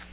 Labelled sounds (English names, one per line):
Nashville Warbler flight call